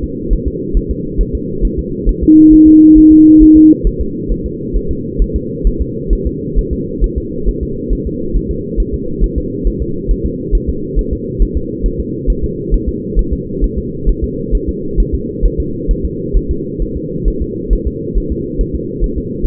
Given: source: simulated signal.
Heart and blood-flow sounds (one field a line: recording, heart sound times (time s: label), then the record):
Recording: fetal heart sounds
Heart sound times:
0.04 s: S2
0.33 s: S1
0.48 s: S2
0.77 s: S1
0.91 s: S2
1.21 s: S1
1.35 s: S2
1.65 s: S1
1.79 s: S2
2.09 s: S1
2.23 s: S2
2.53 s: S1
2.68 s: S2
2.98 s: S1
3.12 s: S2
3.42 s: S1
3.57 s: S2
3.87 s: S1
4.01 s: S2
4.32 s: S1
4.46 s: S2
4.76 s: S1
4.91 s: S2
5.22 s: S1
5.36 s: S2
5.67 s: S1
5.82 s: S2
6.13 s: S1
6.27 s: S2
6.58 s: S1
6.73 s: S2
7.04 s: S1
7.18 s: S2
7.48 s: S1
7.63 s: S2
7.93 s: S1
8.07 s: S2
8.36 s: S1
8.51 s: S2
8.80 s: S1
8.94 s: S2
9.24 s: S1
9.38 s: S2
9.67 s: S1
9.82 s: S2
10.11 s: S1
10.26 s: S2
10.55 s: S1
10.69 s: S2
10.99 s: S1
11.13 s: S2
11.42 s: S1
11.57 s: S2
11.86 s: S1
12.00 s: S2
12.30 s: S1
12.44 s: S2
12.74 s: S1
12.89 s: S2
13.19 s: S1
13.33 s: S2
13.64 s: S1
13.78 s: S2
14.09 s: S1
14.24 s: S2
14.55 s: S1
14.69 s: S2
15.00 s: S1
15.14 s: S2
15.45 s: S1
15.60 s: S2
15.91 s: S1
16.05 s: S2
16.36 s: S1
16.51 s: S2
16.82 s: S1
16.97 s: S2
17.28 s: S1
17.42 s: S2
17.73 s: S1
17.87 s: S2
18.17 s: S1
18.32 s: S2
18.61 s: S1
18.75 s: S2
19.04 s: S1
19.18 s: S2
19.46 s: S1
From the record:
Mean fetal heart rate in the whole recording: 135 bpm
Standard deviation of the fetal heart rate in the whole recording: 3 bpm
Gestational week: 36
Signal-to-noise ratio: -6.6 dB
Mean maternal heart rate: 72 bpm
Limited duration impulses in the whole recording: present